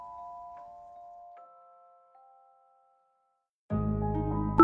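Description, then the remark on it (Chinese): A soft ding-dong chime, the outro of the audio novel Earth Online (地球上线), rings out in a few sustained, stepping tones that slowly fade to near silence, then a loud, dense burst of music abruptly starts. “叮咚，有声小说地球上线，感谢您的收听，更多精彩内容请听下集。”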